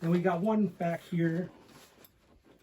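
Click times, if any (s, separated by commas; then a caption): 2.0 s. Someone talks while the rear plastic snap of a cheek pad is pushed into its socket toward the back of an LS2 Challenger Carbon helmet shell. A short, faint snap comes at 2.1 s, and the cheek pad is locked in.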